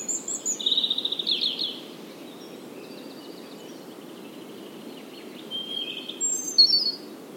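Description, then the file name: European robin song: high silvery trills and twittering phrases at the start, a pause, then more thin high notes near the end over faint background hiss. "Erithacus rubecula"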